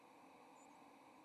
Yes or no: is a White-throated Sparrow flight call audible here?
no